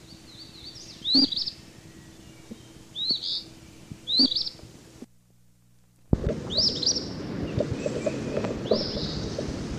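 Eastern phoebe giving short, buzzy two-part phrases high in pitch, about one to two seconds apart, then a brief silence before low rumbling noise continues beneath further phrases.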